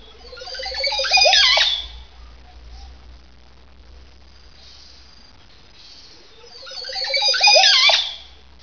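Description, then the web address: Bird giving two bursts of quick twittering notes that sweep down in pitch, separated by a long quiet gap with a low hum beneath. "特酷声音素材库 动物 鸟 Bird"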